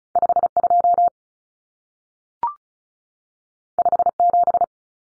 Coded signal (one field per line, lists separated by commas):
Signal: Morse code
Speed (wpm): 36 wpm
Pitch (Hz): 700 Hz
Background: none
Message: 52 57